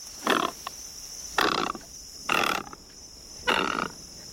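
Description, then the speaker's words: Great Egret giving harsh, raspy croaks, four rough bursts about a second apart, with a steady high-pitched hiss running underneath. Described as the ferocious call of a fierce predator. "Great egrets are fierce predators. Just listen to that ferocious call."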